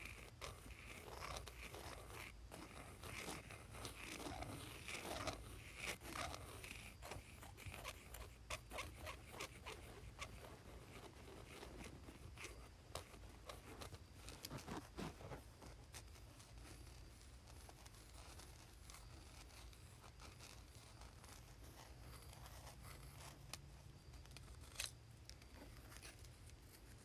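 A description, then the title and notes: A pencil moves across cardboard in a continuous run of scratchy, papery strokes that never fully stop. The scraping is dense and bright, with sharper ticks and taps scattered throughout, a few standing out near 15 and 25 seconds over a steady low hum. ASMR Pencil on Cardboard.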